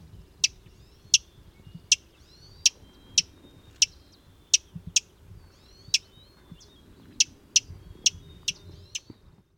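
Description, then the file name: Fox sparrow giving many sharp, high, clipped call notes at irregular intervals. "Fox Sparrow - Passerella iliaca"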